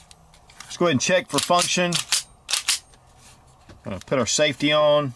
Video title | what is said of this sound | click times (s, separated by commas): Volquartsen Ruger MK IV Accurizing Kit Install | Then you want to make sure it just pops into place like that. | 0.6 s